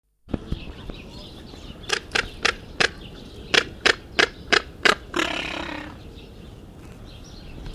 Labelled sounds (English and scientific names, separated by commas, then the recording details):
Crested Caracara (Caracara plancus) call
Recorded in captivity
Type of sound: call sequence
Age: adult
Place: Tierpark Berlin, Berlin, DE
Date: 1974-01-13 11:35
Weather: sonnig, ca. 5°C
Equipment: Uher 4200 Report Stereo, Sennheiser MD 421, Verstärker
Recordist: Tembrock, Günter
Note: Geierfalke. Rufreihe, bei Annäherung des Beobachters. Abstand 50 cm